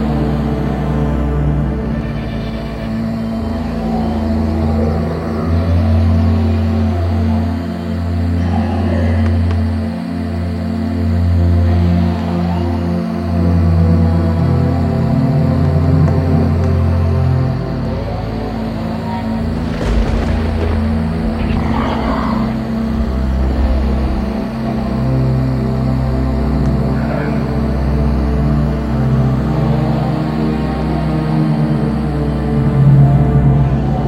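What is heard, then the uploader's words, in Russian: A dark forest soundscape: a steady, dense low drone of layered sustained tones, with faint wavering hiss above and brief swells near 9 and 20 seconds. Тёмный лес.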